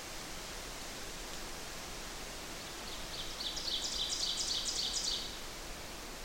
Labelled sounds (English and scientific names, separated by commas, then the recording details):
Ovenbird (Seiurus aurocapilla) song
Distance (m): 40 m
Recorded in boreal forest in Alberta, Canada, on 8 June 2016 at 05:42
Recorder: SongMeter 3, array SBT-3-9
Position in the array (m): 51 m, 107 m
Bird 33